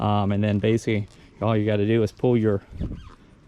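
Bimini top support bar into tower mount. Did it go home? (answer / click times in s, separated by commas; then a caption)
no / none. Someone talks while handling the Bimini top support bar on a 2018 Cobalt CS23 surf boat, getting ready to pull it so it slides down into its tower mount. Only the voice and a brief soft rustle at the end are heard. Nothing has seated or clicked yet.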